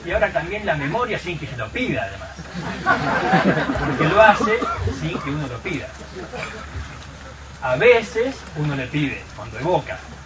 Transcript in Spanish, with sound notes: Y ahora también la memoria sin que se lo pida además.… (RISAS) …Porque lo hace sin que uno se lo pida. A veces uno le pide cuando evoca.